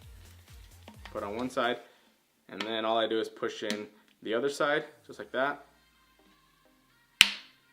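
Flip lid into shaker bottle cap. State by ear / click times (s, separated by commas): seated / 7.2 s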